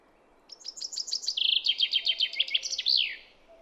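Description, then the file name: Common chaffinch song: a run of high descending notes, then a lower even trill, closed by an emphatic terminal flourish. "Fringilla coelebs"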